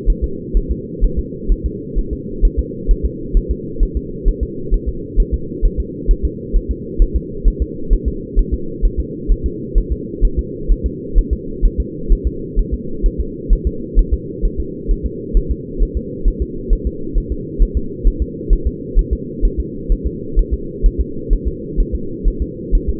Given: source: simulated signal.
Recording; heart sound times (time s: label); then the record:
fetal heart sounds
0.10 s: S1
0.24 s: S2
0.57 s: S1
0.71 s: S2
1.05 s: S1
1.19 s: S2
1.52 s: S1
1.66 s: S2
1.99 s: S1
2.13 s: S2
2.45 s: S1
2.59 s: S2
2.91 s: S1
3.06 s: S2
3.37 s: S1
3.51 s: S2
3.83 s: S1
3.97 s: S2
4.29 s: S1
4.43 s: S2
4.74 s: S1
4.89 s: S2
5.20 s: S1
5.34 s: S2
5.65 s: S1
5.80 s: S2
6.11 s: S1
6.25 s: S2
6.56 s: S1
6.71 s: S2
7.02 s: S1
7.16 s: S2
7.48 s: S1
7.62 s: S2
7.93 s: S1
8.08 s: S2
8.39 s: S1
8.54 s: S2
8.85 s: S1
9.00 s: S2
9.32 s: S1
9.46 s: S2
9.78 s: S1
9.92 s: S2
10.25 s: S1
10.39 s: S2
10.72 s: S1
10.86 s: S2
11.19 s: S1
11.33 s: S2
11.66 s: S1
11.80 s: S2
12.12 s: S1
12.27 s: S2
12.59 s: S1
12.74 s: S2
13.06 s: S1
13.20 s: S2
13.53 s: S1
13.67 s: S2
13.99 s: S1
14.14 s: S2
14.45 s: S1
14.60 s: S2
14.91 s: S1
15.06 s: S2
15.37 s: S1
15.51 s: S2
15.83 s: S1
15.97 s: S2
16.28 s: S1
16.42 s: S2
16.73 s: S1
16.87 s: S2
17.18 s: S1
17.32 s: S2
17.62 s: S1
17.77 s: S2
18.08 s: S1
18.22 s: S2
18.53 s: S1
18.67 s: S2
18.99 s: S1
19.13 s: S2
19.45 s: S1
19.60 s: S2
19.92 s: S1
20.07 s: S2
20.39 s: S1
20.54 s: S2
20.86 s: S1
21.01 s: S2
21.33 s: S1
21.48 s: S2
21.80 s: S1
21.95 s: S2
22.28 s: S1
22.42 s: S2
22.75 s: S1
22.90 s: S2
From the record:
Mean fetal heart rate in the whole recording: 130 bpm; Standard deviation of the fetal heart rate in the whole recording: 2 bpm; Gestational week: 38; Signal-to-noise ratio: -4.3 dB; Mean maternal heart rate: 72 bpm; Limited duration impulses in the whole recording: absent